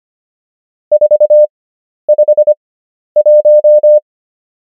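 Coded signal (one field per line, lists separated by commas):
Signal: Morse code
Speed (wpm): 25 wpm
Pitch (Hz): 600 Hz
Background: none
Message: 451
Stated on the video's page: Morse number practice at 25 wpm character speed with 11 wpm Farnsworth word speed, English.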